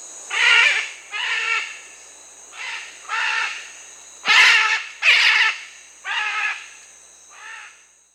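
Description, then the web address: Red-and-green macaw squawks: eight loud, harsh, raspy calls, some rough and grating, with a faint steady high tone behind. "Natures Songs S America Red-and-green Macaw"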